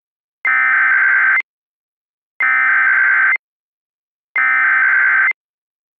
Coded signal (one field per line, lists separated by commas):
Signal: Emergency Alert System (SAME) tones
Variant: header bursts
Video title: EAS Reenactment Mock: Harvey wreaks havoc [v3] - 08/25/2017